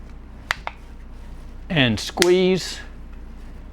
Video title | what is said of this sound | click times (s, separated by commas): Eesens Guardian Alarm 2nd Review | You should hear it snap all the way around. | 0.5 s, 0.7 s